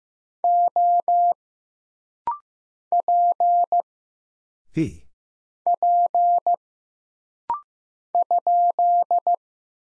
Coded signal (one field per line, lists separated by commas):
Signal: Morse code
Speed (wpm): 15 wpm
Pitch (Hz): 700 Hz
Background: none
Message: O P P ?